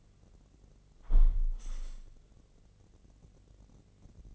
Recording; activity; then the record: daily activity, microphone in the room; close window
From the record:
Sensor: 4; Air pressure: 1013.1 hPa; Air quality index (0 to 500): 172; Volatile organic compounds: 2 ppm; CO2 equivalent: 1081 ppm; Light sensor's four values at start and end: 63/157/65/68 and 69/170/71/73